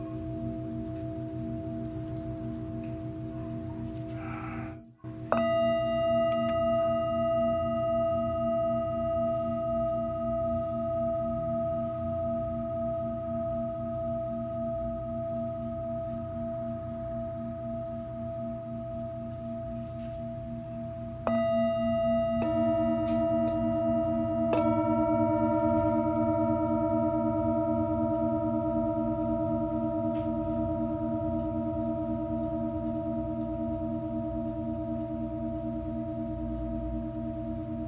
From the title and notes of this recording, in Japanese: メキシコから シンギングボウルのサウンドヒーリング ライブ。